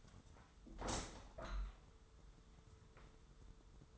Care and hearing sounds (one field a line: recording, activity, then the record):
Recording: daily activity, microphone in the room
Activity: open window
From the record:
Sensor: 3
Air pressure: 995.7 hPa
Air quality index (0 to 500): 98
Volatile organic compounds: 14 ppm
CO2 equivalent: 2464 ppm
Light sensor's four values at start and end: 27/82/35/30 and 28/84/35/31